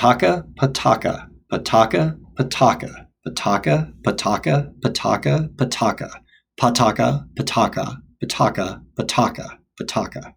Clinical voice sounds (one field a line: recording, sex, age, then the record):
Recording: repeated syllables /pa ta ka/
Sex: male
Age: 40 to 49 years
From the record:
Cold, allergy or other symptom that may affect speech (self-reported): no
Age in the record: 45 years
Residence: Washington, United States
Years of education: 22